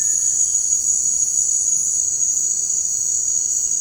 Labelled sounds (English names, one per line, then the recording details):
none
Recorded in dense forest near Puerto Asís, Putumayo, Colombia, on 24 March 2025 at 17:00
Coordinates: 0.485, -76.318
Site G056